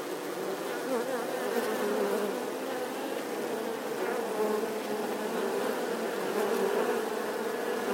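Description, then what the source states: Massed honey bee buzz, a constant dense hum. Bee swarm buzzing outside the hive.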